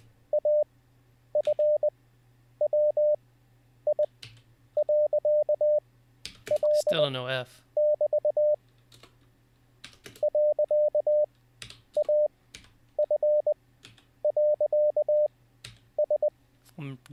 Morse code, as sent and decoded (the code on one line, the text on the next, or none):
.- ..-. .-- .. .-.-.- .-.. -...- / .-.-.- .- ..-. .-.-.- ...
AFWI.L<BT> .AF.S